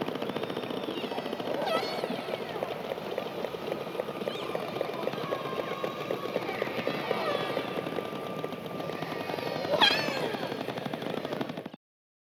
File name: Whale Killer Clicks